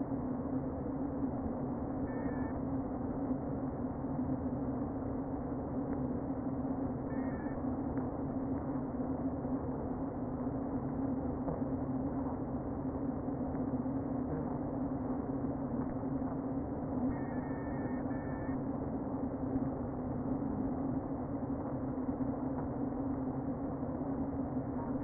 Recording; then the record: honeybee colony, microphone inside the hive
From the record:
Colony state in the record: queen present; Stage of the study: before two queens were removed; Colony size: about 60,000 bees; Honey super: yes